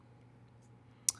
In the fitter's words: and then it'll snap right into place. You can see that right away.